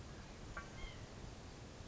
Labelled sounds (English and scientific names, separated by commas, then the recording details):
White-breasted Nuthatch (Sitta carolinensis)
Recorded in Sonoma County, California